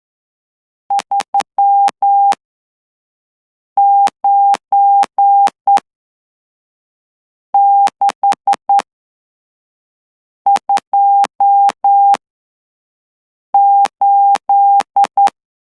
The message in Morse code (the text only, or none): 39628